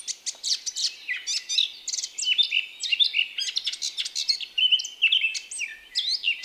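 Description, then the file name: Eurasian blackcap singing a steady, jumbled medley of high squeaky and whistled notes. "Sylvia atricapilla"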